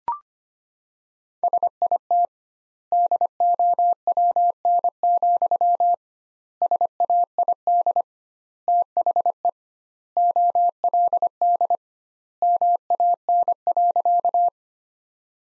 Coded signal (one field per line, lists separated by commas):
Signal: Morse code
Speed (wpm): 25 wpm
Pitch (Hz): 700 Hz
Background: none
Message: SIT DOWN, SAID THE OLD MAN.